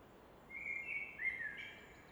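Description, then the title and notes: Common nightingale song, a short phrase of clear whistled notes that slide, over a steady rushing background. Evening at Fläsch, Switzerland; roar of the Rhine reflected off a rock face in the background; recorded with Fostex FR2 and MKH 800. "Fläsch, Schweiz - Abendstimmung Nachtigall. Im Hintergrund wird das Rauschen des Rheins von einer Felswand reflektiert"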